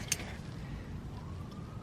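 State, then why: Not seated. Locking pliers, a clamping tool, are squeezed hard with their jaws on a subframe bushing during bushing removal. A short sharp sound is heard at 0.1 s over a steady low rumble. Nothing has seated or clicked yet.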